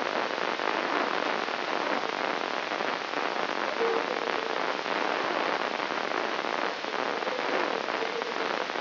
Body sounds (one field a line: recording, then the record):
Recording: brain microelectrode recording played as sound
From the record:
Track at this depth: outside the subthalamic nucleus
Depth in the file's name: 7.06 mm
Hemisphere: left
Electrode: 3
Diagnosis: Parkinson's disease